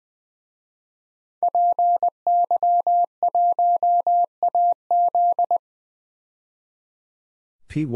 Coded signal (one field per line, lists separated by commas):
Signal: Morse code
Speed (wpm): 20 wpm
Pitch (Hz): 700 Hz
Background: none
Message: PY1AZ